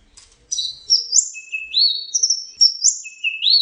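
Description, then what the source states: Orange-headed thrush song: high whistled phrases with rising upslurred notes, coming in quick succession. Training recording used for teaching song to caged birds.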